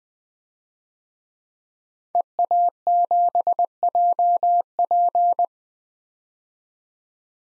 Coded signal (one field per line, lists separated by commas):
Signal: Morse code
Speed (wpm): 20 wpm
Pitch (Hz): 700 Hz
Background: none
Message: EA7JP